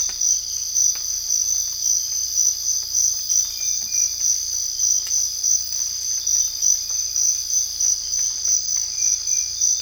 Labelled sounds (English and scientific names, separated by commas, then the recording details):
none
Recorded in dense forest near Puerto Asís, Putumayo, Colombia, on 18 December 2024 at 05:00
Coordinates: 0.484, -76.325
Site G056